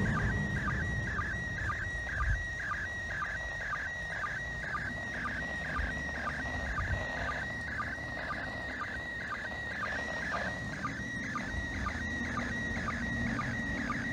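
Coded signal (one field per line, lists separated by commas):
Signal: SSTV (slow-scan television)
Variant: PD 120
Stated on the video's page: ISS SSTV event in PD120 format on 145.800 MHz downlink, received on a Yaesu FT70D handheld with stock rubber duck antenna.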